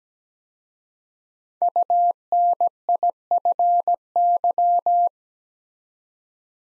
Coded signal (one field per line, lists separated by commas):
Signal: Morse code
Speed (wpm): 17 wpm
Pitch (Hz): 700 Hz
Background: none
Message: UNIFY